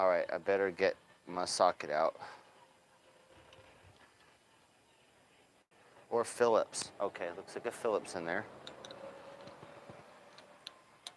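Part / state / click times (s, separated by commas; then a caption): phillips screw in a motorcycle carburetor / stripped / 10.7 s, 11.1 s. A Phillips driver is tried on a small Phillips screw in the carburetor of a 1995 Honda Shadow VLX 600 motorcycle. Someone talks, then a quiet stretch of faint handling follows. Sharp ticks at 10.7 s and 11.1 s mark the driver slipping in the cross recess, which has been stripped out, possibly before this attempt.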